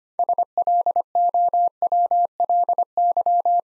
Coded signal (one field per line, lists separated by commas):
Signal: Morse code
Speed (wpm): 25 wpm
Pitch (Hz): 700 Hz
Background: none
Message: SLOWLY